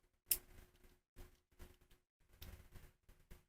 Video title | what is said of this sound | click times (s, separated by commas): 00054 - DESMONTANDO o Controle do Xbox One e Customizando o Layout dos Botões e Carcaça | vou levantar o outro e ele vai pular. | 0.3 s